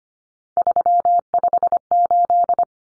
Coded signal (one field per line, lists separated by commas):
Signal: Morse code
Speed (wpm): 25 wpm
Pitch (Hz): 700 Hz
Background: none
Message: 358